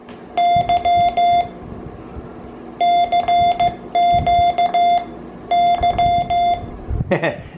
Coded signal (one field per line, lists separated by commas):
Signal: Morse code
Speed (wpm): 14 wpm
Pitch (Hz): 700 Hz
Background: none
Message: Y CQ Y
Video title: Small, lightweight morse code keys for portable CW QRP operations with my HB1B